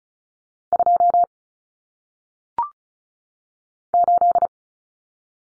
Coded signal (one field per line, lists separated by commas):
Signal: Morse code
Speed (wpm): 36 wpm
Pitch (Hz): 700 Hz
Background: none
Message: 2 8